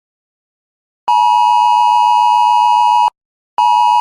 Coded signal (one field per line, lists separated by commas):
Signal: Emergency Alert System (SAME) tones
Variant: 853 and 960 Hz attention tone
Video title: EAS Scenario- Among Us